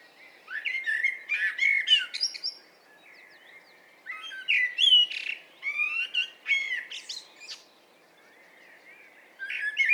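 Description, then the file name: Common blackbird song in repeated phrases: rich, warbling low whistles followed by squeaky, buzzy upper notes, with a new phrase starting at the very end. "Turdus merula"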